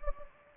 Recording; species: mosquito wingbeat signal from an infrared sensor; Anopheles gambiae